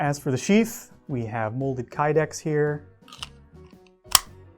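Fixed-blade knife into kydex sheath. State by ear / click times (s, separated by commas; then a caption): seated / 4.1 s. A fixed-blade hunting knife is pushed into a molded kydex sheath while someone talks. A few small clicks follow, then the blade snaps firmly into place with a sharp click at 4.2 s, showing the sheath's retention.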